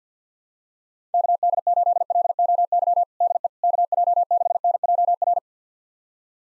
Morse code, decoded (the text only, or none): KD8LOY DE KJ6NJR